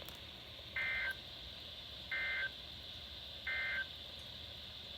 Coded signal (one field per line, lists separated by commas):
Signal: Emergency Alert System (SAME) tones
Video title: Flooding Madness part 4 EAS#354-379 from 11/8/20 - 11/10/20